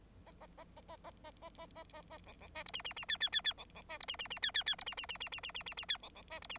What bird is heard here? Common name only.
Bengalese Finch